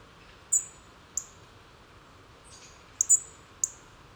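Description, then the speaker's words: European robin calls: crisp, very high ticks, several in four seconds, two of them close together near the end. Small clicking tick calls of a robin, recorded early on a weekday autumn morning in the Bois de Vincennes, Paris, with commuter traffic audible. "les petits cliquetis d'un rouge-gorge."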